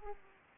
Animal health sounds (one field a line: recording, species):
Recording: mosquito wingbeat signal from an infrared sensor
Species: Aedes aegypti